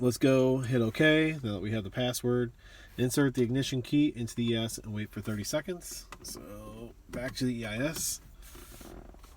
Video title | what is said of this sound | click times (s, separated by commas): Mercedes 07 E320 Bluetec key add by smart with IM608 selection part 2 DONE in minutes EASY Money | and it did not click that's not a good sign so we'll hit ok | none